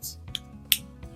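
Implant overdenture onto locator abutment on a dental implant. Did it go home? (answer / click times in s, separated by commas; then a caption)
yes / 0.7 s. An implant overdenture is pressed down onto the gold locator abutment of a dental implant model, which works like a button that lets the denture snap on. A soft knock at 0.3 s and a faint tick at 0.4 s are followed by a sharp, bright snap at 0.7 s, with another soft knock near 1.0 s. The denture seats and is held firmly, not moving when wiggled.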